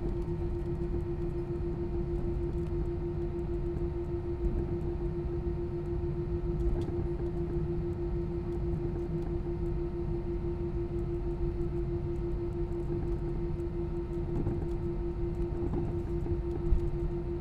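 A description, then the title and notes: Low engine humming from an airplane during a long take-off, a steady rumble dense in the low end with a fixed tone holding throughout. Level stays even for the whole stretch, with only faint clicks and a small knock near the end. Long Airplane Take-Off, Liverpool — Isle of Man. A long waiting in the airplane from Liverpool to The Isle of Man to take-off, with low engines' humming.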